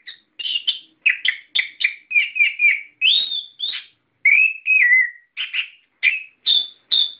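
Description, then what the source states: Songbird song of clipped chirps and sliding whistles, one long descending whistle midway, notes spaced evenly. Masteran recording, used to train other cage birds to sing.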